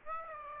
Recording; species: mosquito wingbeat signal from an infrared sensor; Aedes aegypti